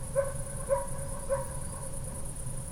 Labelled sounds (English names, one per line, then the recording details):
unidentified animal sound
Common Sandpiper
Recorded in France